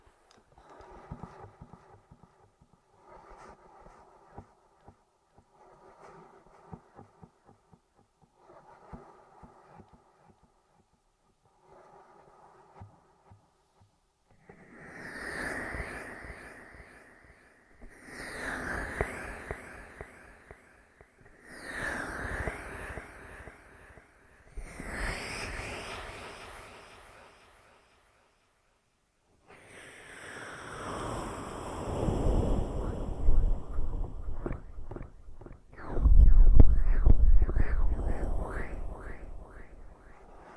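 Ear massage sounds begin as soft, regular rubbing strokes about every two seconds for the first fifteen seconds. Then louder, brighter scrubbing bursts follow roughly every five seconds, building to longer, dense rustling sweeps that peak near thirty-six seconds.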